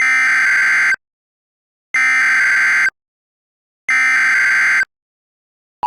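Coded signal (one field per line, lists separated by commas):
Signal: Emergency Alert System (SAME) tones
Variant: header bursts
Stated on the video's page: Mock tornado warning, not real.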